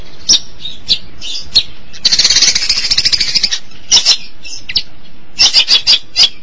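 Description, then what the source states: Long-tailed Shrike song: scattered scratchy notes around a long, dense rasping burst, ending with quick harsh chattering. Recorded March 2017.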